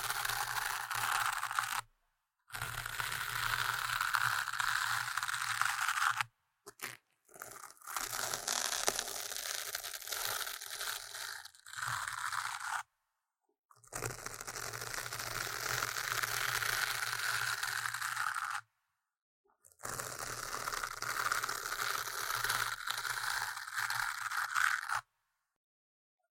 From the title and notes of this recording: Tingly Intense Scratching | NO Talking.